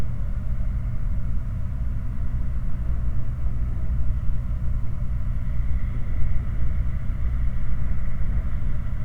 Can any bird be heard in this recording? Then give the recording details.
no. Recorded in the Prudhoe Bay oil fields, Alaska, on 19 August 2019 at 04:51. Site 29